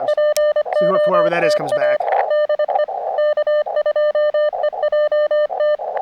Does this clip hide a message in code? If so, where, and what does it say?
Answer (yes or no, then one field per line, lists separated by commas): yes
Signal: Morse code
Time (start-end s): 0.1-5.8 s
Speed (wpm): 25 wpm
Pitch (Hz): 600 Hz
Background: speech, radio noise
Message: POTA DE K2EJT